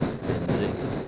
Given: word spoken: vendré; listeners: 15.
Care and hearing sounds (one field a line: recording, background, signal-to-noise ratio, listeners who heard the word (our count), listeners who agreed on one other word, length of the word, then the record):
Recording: one Spanish word in noise, from a listening test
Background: noise modulated by three-talker babble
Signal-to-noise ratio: -5.7 dB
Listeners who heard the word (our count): 1 of 15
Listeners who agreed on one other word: 10 of 15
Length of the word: 0.68 s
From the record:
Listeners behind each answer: 10, 1, 1, 1, 1, 1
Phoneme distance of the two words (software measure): 10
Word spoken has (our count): 2 syllables, 6 phonemes, stress on syllable 2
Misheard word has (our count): 2 syllables, 6 phonemes, stress on syllable 2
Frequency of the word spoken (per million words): 0.79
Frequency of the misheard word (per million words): 9.16